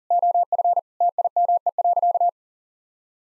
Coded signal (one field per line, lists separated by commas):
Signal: Morse code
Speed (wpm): 37 wpm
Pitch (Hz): 700 Hz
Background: none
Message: OF TIME.